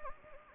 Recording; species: mosquito wingbeat signal from an infrared sensor; Anopheles gambiae